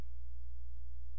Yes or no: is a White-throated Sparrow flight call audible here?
no